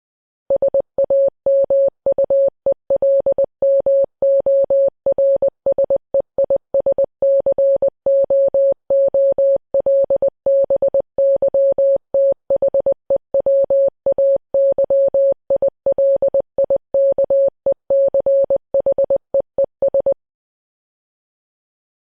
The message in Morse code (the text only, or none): SAMUEL MORSE IS COOL BY THE WAY I LIKE CHEES